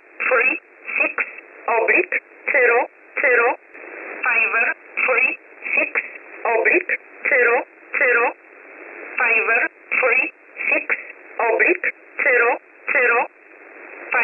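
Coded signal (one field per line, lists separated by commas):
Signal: numbers station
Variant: E11 Oblique, English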